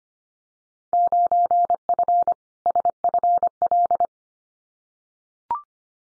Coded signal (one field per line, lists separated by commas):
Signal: Morse code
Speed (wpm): 25 wpm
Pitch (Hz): 700 Hz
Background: none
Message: 9F SFL